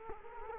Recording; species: mosquito wingbeat signal from an infrared sensor; Culex quinquefasciatus